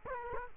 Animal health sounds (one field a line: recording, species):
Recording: mosquito wingbeat signal from an infrared sensor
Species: Culex quinquefasciatus